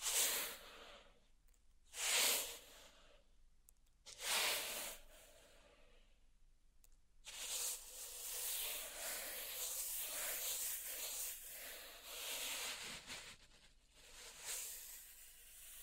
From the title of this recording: Pink Salt Zen Garden Triggers